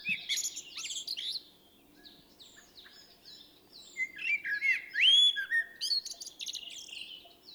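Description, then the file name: Common blackbird delivering fluted phrases that rise into thin high squeaks, with busy high chirping before and after. "Turdus merula"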